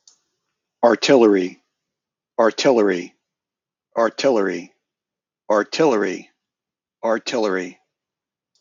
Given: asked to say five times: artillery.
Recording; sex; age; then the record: repeated word; male; 50 to 59 years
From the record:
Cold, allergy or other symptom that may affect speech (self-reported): no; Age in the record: 58 years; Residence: New Jersey, United States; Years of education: 17